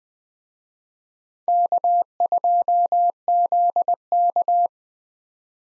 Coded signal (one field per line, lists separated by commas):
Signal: Morse code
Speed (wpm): 21 wpm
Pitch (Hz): 700 Hz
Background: none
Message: K2ZK